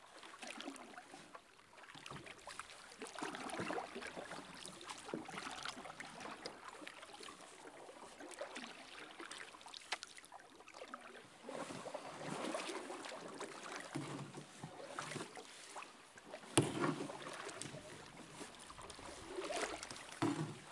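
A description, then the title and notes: A Québec soundscape of steady, dense water sloshing, as if around a small boat, with scattered knocks and a sharper bump near seventeen seconds. Québec Soundscape. Vous êtes dans la nature québécoise.Enregistré en septembre 2011.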